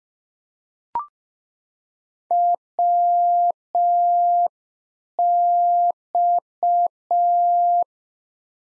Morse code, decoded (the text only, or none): WX